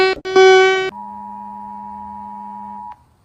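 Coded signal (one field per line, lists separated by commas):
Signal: Emergency Alert System (SAME) tones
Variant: 853 and 960 Hz attention tone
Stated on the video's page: Animated Emergency Alert System alarms.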